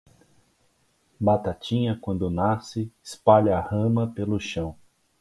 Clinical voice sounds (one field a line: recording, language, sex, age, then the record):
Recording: short text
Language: Brazilian Portuguese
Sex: male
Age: 30 to 39 years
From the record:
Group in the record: control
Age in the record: 39 years